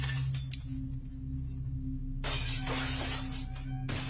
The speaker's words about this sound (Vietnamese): Lúc này chẳng hiểu nghĩ gì, bố điên lên, bố đá đánh xoảng một cái, mâm cơm vỡ đổ tung tóe cả ra.